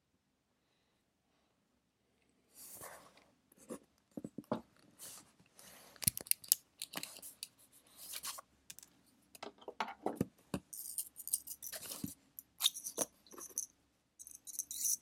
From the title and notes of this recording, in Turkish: Sessiz odada 60 dakika boyunca kurşun kalem ile ders çalışma; ortam sesleri, beyaz gürültü alt yapısı. Ev, kütüphane çalışmaları ortam sesi.